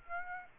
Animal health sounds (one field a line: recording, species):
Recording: mosquito wingbeat signal from an infrared sensor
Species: Aedes aegypti